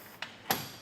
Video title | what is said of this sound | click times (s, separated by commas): Does it Fit? Testing the RockyMounts GuideRail Bike Rack for 2 Bikes on a 2021 Ford Ranger | don't need to re-engage that handle we actually just lift the bike rack until we hear it click | 0.2 s, 0.5 s